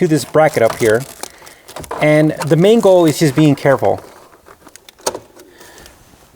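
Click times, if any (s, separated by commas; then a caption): 5.1 s. A plastic connector on the upper climate control unit of a 1995 Nissan Skyline is pushed home into its dash harness plug in the bracket area. Someone talks first, then light handling rattles come before a sharp click at 5.1 seconds as the connector seats.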